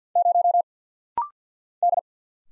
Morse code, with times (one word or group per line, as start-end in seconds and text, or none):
0.2-0.6 0
1.8-2.0 D